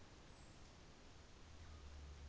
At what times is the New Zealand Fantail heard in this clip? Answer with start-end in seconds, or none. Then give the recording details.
0.03-0.89. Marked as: faintness 4/5. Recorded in New Zealand on 24 December 2018. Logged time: 11:00